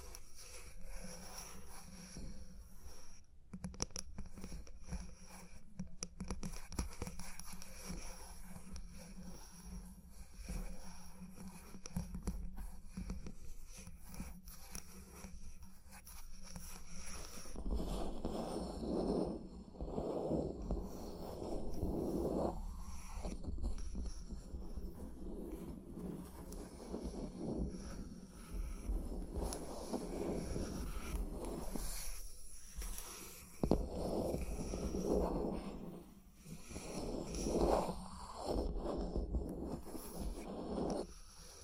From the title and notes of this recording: Tapping and Scratching (No Talking).